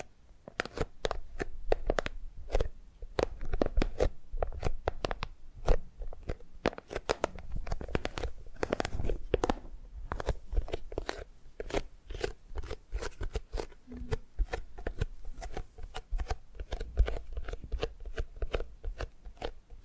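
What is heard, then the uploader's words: Tapping and gripping sounds come in a quick, irregular stream of sharp clicks and light scratches, several per second for the full twenty seconds. The sounds are crisp, with a soft low rumble underneath. ASMR Tapping and Gripping Sounds for Sleep(No Talking).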